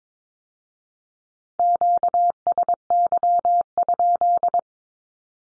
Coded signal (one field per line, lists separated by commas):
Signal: Morse code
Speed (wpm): 22 wpm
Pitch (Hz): 700 Hz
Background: none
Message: QSY?